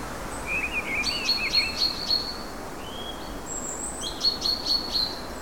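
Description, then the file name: Great tit: high, thin notes repeated in two quick runs, with a short whistle between them, over steady background noise. "Parus major"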